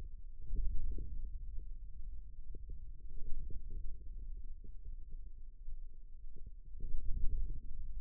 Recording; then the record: forearm muscle sounds (acoustic myography)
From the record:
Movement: radial deviation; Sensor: system 2, bracelet of six BSWA MPA416 microphones around the upper forearm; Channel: 2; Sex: male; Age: 22 years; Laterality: right